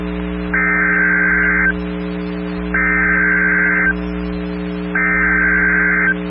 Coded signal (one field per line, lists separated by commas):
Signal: Emergency Alert System (SAME) tones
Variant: header bursts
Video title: Emergency Alert System: Tornado Warning Moore County